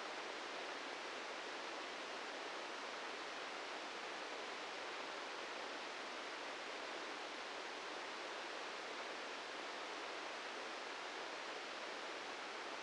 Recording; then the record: brain microelectrode recording played as sound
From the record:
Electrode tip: inside the subthalamic nucleus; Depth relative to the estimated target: -1 mm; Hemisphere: right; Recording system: NeuroSet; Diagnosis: Parkinson's disease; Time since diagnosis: 13 years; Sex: male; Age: 65 years